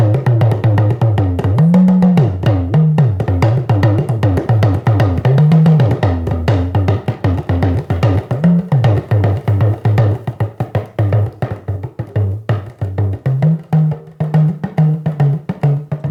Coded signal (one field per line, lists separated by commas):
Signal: talking drum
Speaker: and then this hand must be a little bit loose so that you can play like.